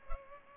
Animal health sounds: mosquito wingbeat signal from an infrared sensor; Culex pipiens

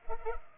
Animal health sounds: mosquito wingbeat signal from an infrared sensor; Culex pipiens

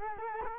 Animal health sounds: mosquito wingbeat signal from an infrared sensor; Culex quinquefasciatus

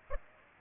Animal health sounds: mosquito wingbeat signal from an infrared sensor; Aedes aegypti

